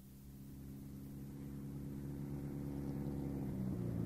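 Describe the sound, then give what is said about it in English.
A car engine hums with a deep, steady drone that slowly grows louder, its low harmonic tones rising slightly in pitch near the end as if revving. No voices are heard. “And that's a car.”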